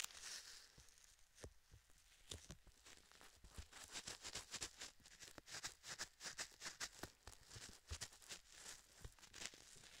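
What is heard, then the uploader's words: Gloved hands tap and cup over the ears in quick, irregular bursts, each touch a short crisp crackle with a soft thud underneath. The tapping thins out early on, then grows dense and steady from about two seconds to the end. ASMR Binaural Triggers Ear to Ear Cupping, Tapping with Gloves (3DIO).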